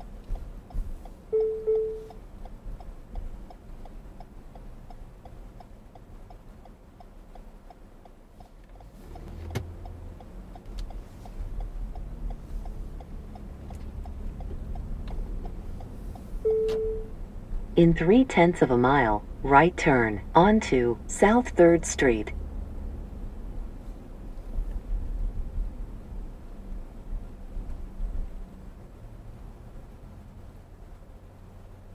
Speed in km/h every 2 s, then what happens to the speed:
21, 19, 13, 0, 6, 13, 18, 23, 26, 29, 31, 31, 27, 21, 15, 2.
0-6 brakes to 0. 7-22 pulls away to 31. 22-32 slows to 2.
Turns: 9-14.